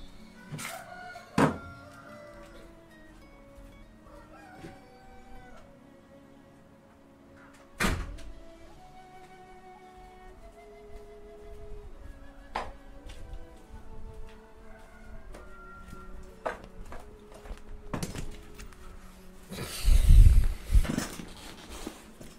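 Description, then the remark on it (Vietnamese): A door thumps shut a few times as someone closes it against loud outside noise, over a steady wash of background noise with tonal calls, then a louder rattling burst near the end before it quiets. “Ôi, quý vị đợi tí nha, mình ra đóng cửa cái ồn quá.”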